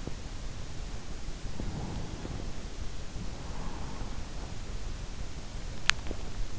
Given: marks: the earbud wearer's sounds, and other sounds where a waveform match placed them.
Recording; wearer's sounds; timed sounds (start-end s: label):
sounds in sleep by an in-ear microphone; breath, teeth grinding
1.45-4.42 s: breath
5.68-6.59 s: teeth grinding